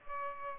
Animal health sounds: mosquito wingbeat signal from an infrared sensor; Culex pipiens

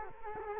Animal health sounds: mosquito wingbeat signal from an infrared sensor; Culex quinquefasciatus

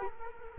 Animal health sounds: mosquito wingbeat signal from an infrared sensor; Culex quinquefasciatus

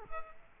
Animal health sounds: mosquito wingbeat signal from an infrared sensor; Culex quinquefasciatus

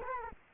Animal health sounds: mosquito wingbeat signal from an infrared sensor; Culex quinquefasciatus

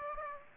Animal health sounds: mosquito wingbeat signal from an infrared sensor; Aedes aegypti

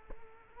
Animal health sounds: mosquito wingbeat signal from an infrared sensor; Culex quinquefasciatus

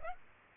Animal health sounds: mosquito wingbeat signal from an infrared sensor; Aedes aegypti

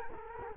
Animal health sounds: mosquito wingbeat signal from an infrared sensor; Culex quinquefasciatus

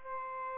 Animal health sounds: mosquito wingbeat signal from an infrared sensor; Aedes albopictus

